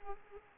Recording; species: mosquito wingbeat signal from an infrared sensor; Aedes aegypti